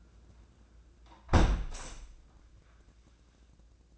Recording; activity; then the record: daily activity, microphone in the room; close window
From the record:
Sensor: 2